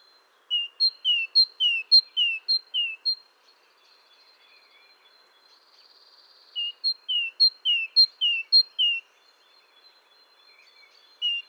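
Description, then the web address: Great tit song: strophes of repeated two-note phrases, a sharp high note then a lower slurred note, several pairs per burst, with a pause of several seconds between bursts. "SETE data Parus major"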